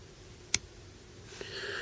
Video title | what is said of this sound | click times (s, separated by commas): Leatherman Juice S2 Review - Pocket Toolbox! | It does have a little detent at the end of its motion right there. You can hear it click in, | 0.5 s